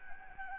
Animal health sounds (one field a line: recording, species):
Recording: mosquito wingbeat signal from an infrared sensor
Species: Anopheles gambiae